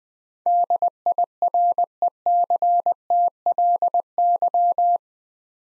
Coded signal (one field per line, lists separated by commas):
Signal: Morse code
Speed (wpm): 20 wpm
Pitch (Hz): 700 Hz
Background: none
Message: DIRECTLY